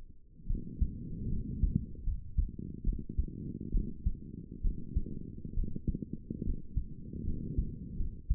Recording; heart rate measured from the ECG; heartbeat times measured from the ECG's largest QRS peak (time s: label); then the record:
heart sounds by stethoscope; 72 bpm
0.46 s: heartbeat
1.28 s: heartbeat
2.03 s: heartbeat
2.83 s: heartbeat
3.71 s: heartbeat
4.61 s: heartbeat
5.54 s: heartbeat
6.44 s: heartbeat
7.24 s: heartbeat
7.96 s: heartbeat
From the record:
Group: healthy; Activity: rest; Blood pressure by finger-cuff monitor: 150/80 mmHg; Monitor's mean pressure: 99 mmHg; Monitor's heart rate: 69 bpm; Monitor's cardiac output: 6.6 L/min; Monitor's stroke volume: 93 mL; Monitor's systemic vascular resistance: 1110 dyn s/cm5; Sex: female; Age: 22 years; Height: 154 cm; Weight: 58.7 kg